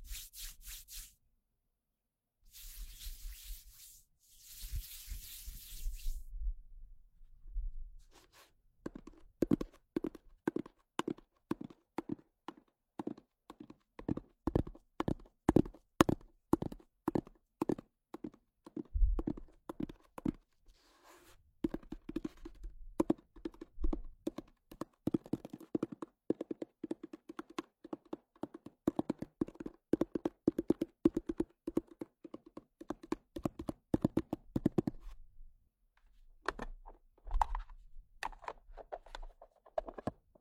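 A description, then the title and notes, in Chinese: Light tapping and knocking, mostly in quick regular runs from about 9 to 35 seconds, like a hard object striking wood in a steady clip-clop rhythm. The opening seconds hold a few louder hissing scrapes, and the last seconds trail off into sparse, scattered taps. 一点点敲击音。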